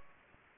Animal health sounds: mosquito wingbeat signal from an infrared sensor; Anopheles gambiae

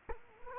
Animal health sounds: mosquito wingbeat signal from an infrared sensor; Culex quinquefasciatus

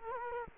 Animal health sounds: mosquito wingbeat signal from an infrared sensor; Culex quinquefasciatus

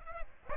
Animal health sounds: mosquito wingbeat signal from an infrared sensor; Aedes aegypti

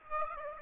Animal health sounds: mosquito wingbeat signal from an infrared sensor; Aedes aegypti

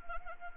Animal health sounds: mosquito wingbeat signal from an infrared sensor; Anopheles arabiensis

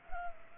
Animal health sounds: mosquito wingbeat signal from an infrared sensor; Culex pipiens

